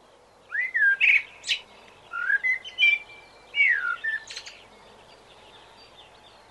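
Common blackbird song: mellow fluting whistles, a few rising and falling phrases, with high squeaky twittering notes mixed in, and faint background hiss.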